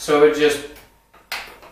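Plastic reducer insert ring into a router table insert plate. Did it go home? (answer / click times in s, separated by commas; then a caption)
yes / 1.3 s. A plastic reducer insert ring is pressed into the opening of a Skil router table's insert plate to make the bit hole smaller. Someone talks, then after a short pause a faint tick at 1.1 s is followed by a sharp click at 1.3 s as the ring seats in the plate.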